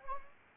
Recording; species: mosquito wingbeat signal from an infrared sensor; Anopheles arabiensis